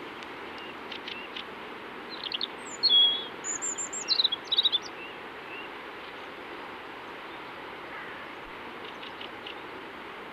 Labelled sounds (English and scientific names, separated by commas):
European Robin (Erithacus rubecula) song